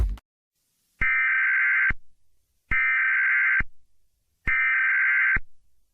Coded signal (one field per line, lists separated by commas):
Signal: Emergency Alert System (SAME) tones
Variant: header bursts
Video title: EAS Scenario/Mock #9 - The White Pumpkin